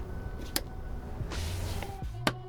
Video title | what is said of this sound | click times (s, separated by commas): Commander [Gen2] - Front/Advanced Installation [Model 3/Y 2021-2025+ and Juniper] | It should click in all places, and at | 0.6 s, 2.3 s